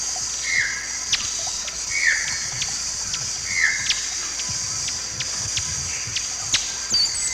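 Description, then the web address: Fiery topaz giving short downslurred chip calls, about three spaced over four seconds, with sharp clicks and a steady high insect hum behind. Feeding and chase calls, given while feeding and chasing; eastern lowlands of South America. "Nature Songs S America Eastern Lowlands Topaza pyra, feeding and chase calls"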